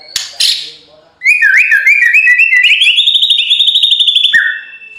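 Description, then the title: White-rumped shama: songbird singing a long rolling run of quick whistled notes that climb gradually in pitch, ending in a lower held whistle. Training recording (masteran) of full rolling song (ngerol) in nembak style. "Masteran Murai Batu Full Ngerol Nembak"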